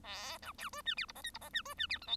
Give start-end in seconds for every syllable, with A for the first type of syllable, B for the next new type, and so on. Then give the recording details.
0.03-0.38 A, 0.42-0.52 B, 0.58-0.69 C, 0.73-0.82 D, 0.85-0.95 E, 0.96-1.06 F, 1.08-1.12 G, 1.15-1.22 H, 1.23-1.30 I, 1.34-1.38 G, 1.41-1.49 H, 1.53-1.62 E, 1.65-1.74 D, 1.77-1.87 E, 1.89-1.98 F, 2.01-2.07 J, 2.07-2.16 K. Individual Bird1